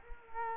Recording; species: mosquito wingbeat signal from an infrared sensor; Culex quinquefasciatus